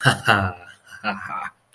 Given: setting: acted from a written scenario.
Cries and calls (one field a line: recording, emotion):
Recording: vocal sound without words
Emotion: elation